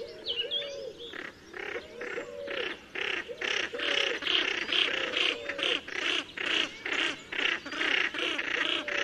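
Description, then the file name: Common pochard rasping calls repeated about twice a second, with a few smoother, lower notes mixed in among the harsh bursts. "Fuligule milouin"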